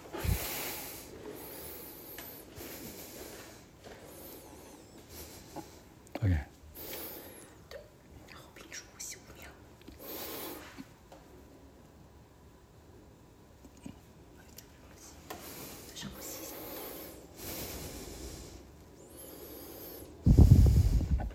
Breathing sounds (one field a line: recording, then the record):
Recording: deep breathing after running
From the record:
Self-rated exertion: moderate exertion (3 of 6)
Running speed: 7 miles an hour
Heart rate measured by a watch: 119 beats a minute at the start, 116 at the end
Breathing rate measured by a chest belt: 19 breaths a minute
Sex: male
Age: 57 years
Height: 170 cm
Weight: 58 kg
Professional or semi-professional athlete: no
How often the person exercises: 3 to 5 times a week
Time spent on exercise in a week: 4 to 5 hours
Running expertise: no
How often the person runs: 3 to 5 times a week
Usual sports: running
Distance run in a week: 50 km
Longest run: 50 km